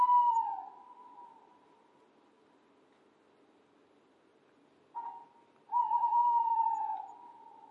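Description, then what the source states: Owl hoot tailing off at the start, then after a pause a short whistled note followed by a long, even hoot that slowly fades. Owl calling in a calm environment.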